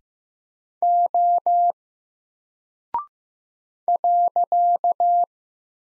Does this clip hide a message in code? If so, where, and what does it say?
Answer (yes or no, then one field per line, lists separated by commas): yes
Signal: Morse code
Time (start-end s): 0.8-5.2 s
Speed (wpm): 15 wpm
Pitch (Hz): 700 Hz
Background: none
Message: O .